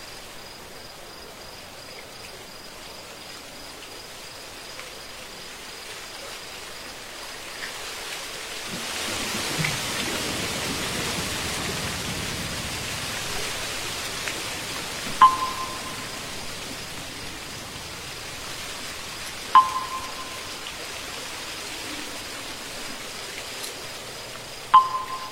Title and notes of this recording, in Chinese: 月夜寺庙 木鱼声 夜读诵经 古寺钟声。月夜古寺 在夜晚虫鸣声中听钟声、木鱼和诵经